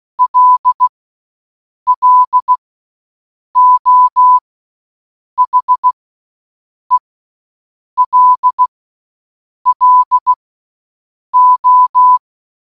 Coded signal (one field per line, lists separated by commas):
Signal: Morse code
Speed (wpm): 16 wpm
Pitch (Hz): 1000 Hz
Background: none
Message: LLO HELLO